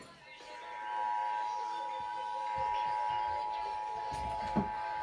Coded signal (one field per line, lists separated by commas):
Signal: Emergency Alert System (SAME) tones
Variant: 853 and 960 Hz attention tone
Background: speech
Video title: BUNCHA TESTS! Connecticut Required Monthly Tests (1/6/18) (EAS 515-525)